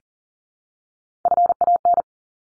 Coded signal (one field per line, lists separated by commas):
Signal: Morse code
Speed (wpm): 40 wpm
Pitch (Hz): 700 Hz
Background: none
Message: FAN